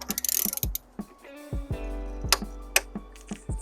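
A torque wrench set to 25 Nm (18 ft-lb), the value printed on the cap, tightens the plastic oil filter housing cap on a BMW E92 M3 (E90/E93). Quick ratcheting comes first, then two loud clicks at 2.3 s and 2.8 s as the wrench breaks over at its setting.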